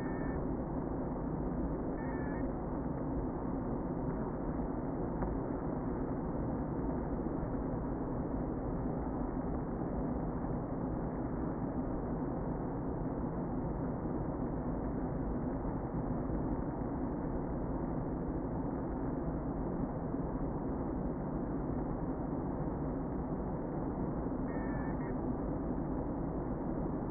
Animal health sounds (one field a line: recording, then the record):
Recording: honeybee colony, microphone inside the hive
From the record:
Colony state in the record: queen present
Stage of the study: before two queens were removed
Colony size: about 60,000 bees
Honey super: yes